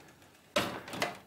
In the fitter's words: einfach kurz hochheben einrasten lassen so